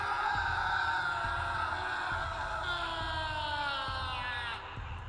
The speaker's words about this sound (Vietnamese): … nằm đó bất động, chỉ kịp hét lên một tiếng kinh hãi.